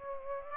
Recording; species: mosquito wingbeat signal from an infrared sensor; Aedes aegypti